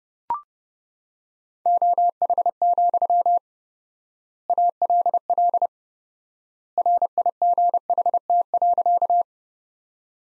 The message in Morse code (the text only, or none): OH, ALL RIGHT.